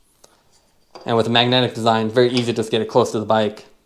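An iGPSPORT TL30 smart bike taillight, with its magnetic design, is brought close to its magnetic seatpost mount on the bike while someone talks, and a faint tap is heard at 0.2 s. The light is only being handled and nothing has seated or clicked yet.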